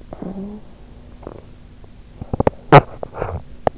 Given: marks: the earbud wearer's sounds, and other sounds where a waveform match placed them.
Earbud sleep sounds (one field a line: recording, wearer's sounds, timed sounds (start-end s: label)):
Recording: sounds in sleep by an in-ear microphone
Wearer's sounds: talking in sleep, teeth grinding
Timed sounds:
0.07-0.67 s: talking in sleep
1.15-1.49 s: teeth grinding
2.18-3.78 s: teeth grinding